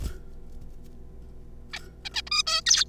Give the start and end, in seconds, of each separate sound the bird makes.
1.73-1.79, 2.05-2.09, 2.14-2.21, 2.27-2.29, 2.31-2.43, 2.47-2.61, 2.66-2.84